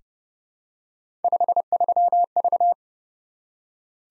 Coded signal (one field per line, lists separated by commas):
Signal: Morse code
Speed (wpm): 30 wpm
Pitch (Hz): 700 Hz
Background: none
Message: 53V